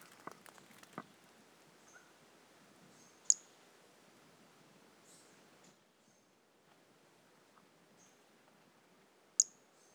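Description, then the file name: Brachycephalus mirissimus calls: two sharp, very high-pitched chirped notes about six seconds apart, with fainter short high notes between and soft clicking at the start. Single individual (individual 01) recorded 18 January 2018; animal not collected. "Brachycephalus mirissimus 18 jan 2018 individual 01 ex 01 A E Confetti not collected"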